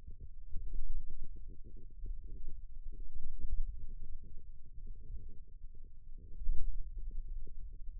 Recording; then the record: forearm muscle sounds (acoustic myography)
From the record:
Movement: ulnar deviation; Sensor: system 2, bracelet of six BSWA MPA416 microphones around the upper forearm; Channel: 2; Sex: male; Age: 22 years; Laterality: right